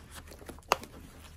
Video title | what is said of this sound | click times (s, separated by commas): How To Attach Molle Pouches To Plate Carriers and Tactical Gear The Right Way | there we go you guys heard that snap | 0.7 s